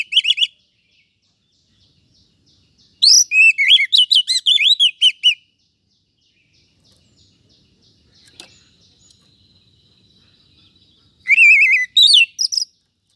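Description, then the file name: Oriental magpie-robin singing loud, rich bursts of wavy whistles and chattering notes at the start, near three seconds and again near eleven, separated by long quieter gaps. "Suara-Kacer-Versi-1"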